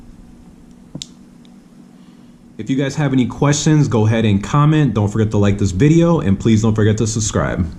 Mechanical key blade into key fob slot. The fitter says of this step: and then you'll take the key and you'll put it right back in the slot and push it in until it clicks